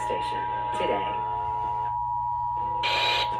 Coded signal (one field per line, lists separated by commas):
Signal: Emergency Alert System (SAME) tones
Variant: 853 and 960 Hz attention tone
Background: speech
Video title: Flash Flood Warning on KTRH-AM - KTEK-AM - KHJK-FM - KYAZ-TV (EAS#3,881 - #3,884)